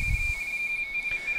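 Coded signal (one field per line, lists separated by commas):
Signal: RTTY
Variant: 45.45 baud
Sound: rapid warbling between two close high tones, a steady chattering teletype sound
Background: radio static, low rumble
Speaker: I've set it for rtty 45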